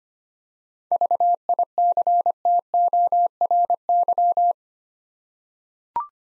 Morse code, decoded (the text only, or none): VICTORY